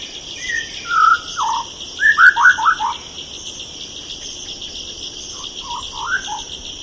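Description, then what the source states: White-rumped shama song: clear whistled phrases rising and falling, a quick run of slurred notes around two seconds, softer notes later, over a steady high hum. Song described as melodious.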